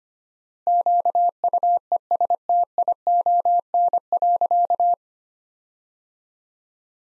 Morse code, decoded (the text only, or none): QUESTION.